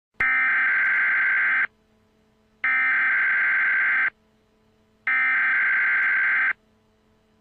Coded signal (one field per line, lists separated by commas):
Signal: Emergency Alert System (SAME) tones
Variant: header bursts